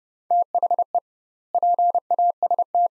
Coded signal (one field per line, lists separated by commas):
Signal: Morse code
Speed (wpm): 31 wpm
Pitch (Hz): 700 Hz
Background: none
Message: THE PAST